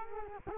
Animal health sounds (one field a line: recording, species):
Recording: mosquito wingbeat signal from an infrared sensor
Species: Culex quinquefasciatus